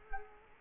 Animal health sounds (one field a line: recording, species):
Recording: mosquito wingbeat signal from an infrared sensor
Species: Culex quinquefasciatus